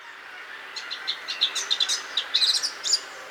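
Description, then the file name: Eurasian blackcap giving a short series of rapid, thin high chirps. "Sylvia atricapilla"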